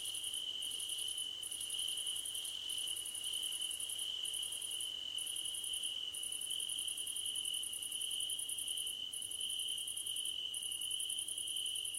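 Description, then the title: Crickets chirping in a steady chorus, a constant high trill with a higher pulsed chirping that breaks off briefly at intervals. Crickets at night under a starlit sky; described as a gentle hum. "Nighttime Ambience with Crickets 🌃"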